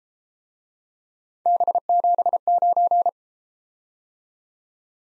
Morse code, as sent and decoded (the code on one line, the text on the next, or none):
-... --... ----.
B79